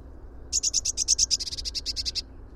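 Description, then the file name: Eurasian blue tit trill: a long rapid series of about sixteen high notes, steady in pitch, lasting nearly two seconds. "Cyanistes caeruleus"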